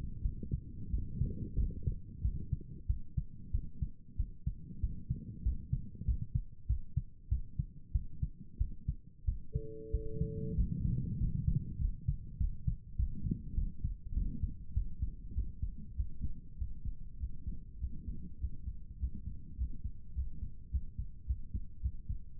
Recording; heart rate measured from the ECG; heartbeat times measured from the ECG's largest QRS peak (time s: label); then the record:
heart sounds by stethoscope; 98 bpm
0.22 s: heartbeat
0.90 s: heartbeat
1.56 s: heartbeat
2.21 s: heartbeat
2.86 s: heartbeat
3.51 s: heartbeat
4.16 s: heartbeat
4.80 s: heartbeat
5.42 s: heartbeat
6.05 s: heartbeat
6.66 s: heartbeat
7.28 s: heartbeat
7.92 s: heartbeat
8.57 s: heartbeat
9.25 s: heartbeat
9.90 s: heartbeat
10.54 s: heartbeat
11.17 s: heartbeat
11.78 s: heartbeat
12.37 s: heartbeat
12.96 s: heartbeat
13.54 s: heartbeat
14.13 s: heartbeat
14.73 s: heartbeat
15.34 s: heartbeat
15.95 s: heartbeat
16.57 s: heartbeat
17.19 s: heartbeat
17.79 s: heartbeat
18.39 s: heartbeat
18.98 s: heartbeat
19.56 s: heartbeat
20.13 s: heartbeat
20.70 s: heartbeat
21.26 s: heartbeat
21.81 s: heartbeat
22.36 s: heartbeat
From the record:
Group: healthy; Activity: rest 0-11 s, Valsalva maneuver 11-22 s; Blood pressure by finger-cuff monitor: 110/75 mmHg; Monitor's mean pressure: 85 mmHg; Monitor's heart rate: 96 bpm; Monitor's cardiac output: 7.5 L/min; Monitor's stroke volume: 79 mL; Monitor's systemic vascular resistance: 830 dyn s/cm5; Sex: male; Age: 19 years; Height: 178 cm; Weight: 83 kg